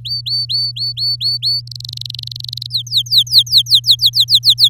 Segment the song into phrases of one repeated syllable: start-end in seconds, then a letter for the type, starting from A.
0.05-1.61 A, 1.67-2.67 B, 2.70-4.69 C